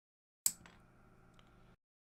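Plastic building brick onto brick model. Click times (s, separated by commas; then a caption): 0.5 s. A plastic building brick is pressed onto a brick-built camper model, and it snaps home with one sharp, bright click at 0.5 s. Two faint ticks follow at about 0.7 s and 1.4 s, and the brick is seated.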